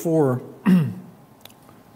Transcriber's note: clears throat